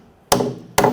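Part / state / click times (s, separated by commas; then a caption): brake pad abutment clip into caliper bracket / not seated / none. A metal brake pad abutment clip is tapped into a caliper bracket with a hammer, working its dimples toward the seating points. Two sharp metallic hammer strikes ring out at about 0.3 s and 0.8 s, each trailing off into a short ring. Nothing has seated or clicked into place yet.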